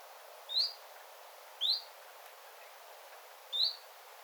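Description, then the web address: Common chiffchaff calls: three short, upward-slurred 'hweet' notes spaced about one to two seconds apart, over a soft, steady background hiss. Calling beside a bird tower, 9 September 2025. "paivat 9 9 2025 tiltaltin aantelya lintutornin vierella"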